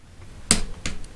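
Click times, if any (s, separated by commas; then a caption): 0.5 s, 0.9 s. A hex-bit torque wrench set to 11 Nm tightens a mountain bike derailleur bolt, clicking sharply at 0.5 s and again at 1.0 s. The wrench is clicked twice to confirm that the bolt has reached the setting. A faint third tick follows at 1.0 s against a low background hum.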